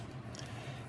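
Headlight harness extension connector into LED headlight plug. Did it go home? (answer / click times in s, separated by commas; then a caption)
yes / 0.4 s. A headlight harness extension connector, its too-thick plastic tabs trimmed down with side cutters, is pushed onto an LED headlight plug for a Jeep LED halo headlight. Over a steady low hum, a quick double click sounds at 0.3 and 0.4 seconds. The connector is seated, with its locking tab now able to go down.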